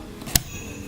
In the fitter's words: Push it until it clicks.